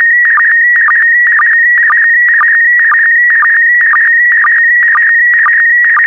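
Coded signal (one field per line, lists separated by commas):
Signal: SSTV (slow-scan television)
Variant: PD120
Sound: steady warbling high tone with short low chirps about twice per second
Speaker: the next image transmission will start in 10 seconds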